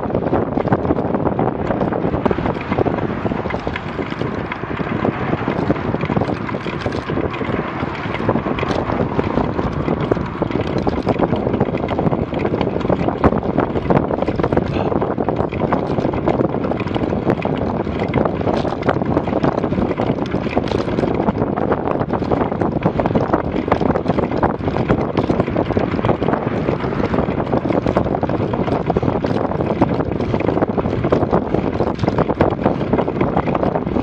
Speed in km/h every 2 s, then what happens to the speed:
30, 30, 31, 32, 32, 33, 33, 33, 33, 33, 33, 33, 33, 33, 33, 33, 33.
0-34 steady at about 33.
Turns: none.